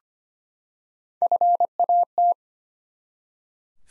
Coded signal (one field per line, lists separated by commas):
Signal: Morse code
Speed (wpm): 25 wpm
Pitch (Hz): 700 Hz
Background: none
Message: FAT